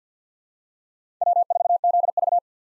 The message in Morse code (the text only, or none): W4ZV